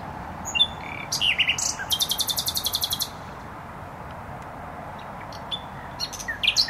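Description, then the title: Nightingale song: varied phrases of sharp whistles and clicks, then a fast rapid trill of repeated notes, over a steady roar of traffic noise. Singing in bushes close to a noisy motorway, Trasa Toruńska, Bródno-Podgrodzie, Warsaw, Poland; recorded on an Olympus LS-11. "Bródno-Podgrodzie, Warszawa, Polska - Trasa Toruńska Nightingale"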